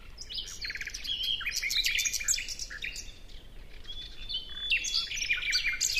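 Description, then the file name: Common nightingale song: busy, varied chirps and rapid note series, with a drawn-out whistle followed by more quick phrases. "Luscinia megarhynchos"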